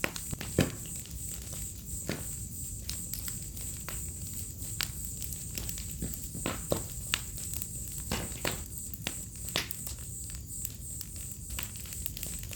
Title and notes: Fogueira, grilos e estalar do fogo relaxante e inspirador - Bonfire, crickets, firecrackling relaxing and inspiring. Ouça ao estalar do fogo e uma sinfonia de grilos em uma noite de outono. - Listen to fire crackling and a symphony of crickets on an autumn night. Vila em meio a Mata Atlântica. - Village in the middle of a Mata Atlântica rainforest